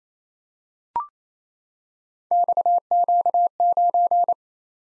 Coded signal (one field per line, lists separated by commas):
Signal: Morse code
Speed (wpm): 29 wpm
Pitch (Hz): 700 Hz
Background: none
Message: XQ9